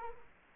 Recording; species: mosquito wingbeat signal from an infrared sensor; Culex quinquefasciatus